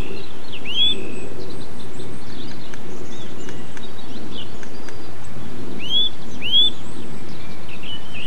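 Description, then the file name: Bird song of sharp upward-curving whistles, one near the start and a pair later, with faint chirps and a constant low hiss. Recorded 8 April 2007 on an MZ-N 710 recorder. "MZ-N 710 Chants d oiseaux 8 04 07 extrait"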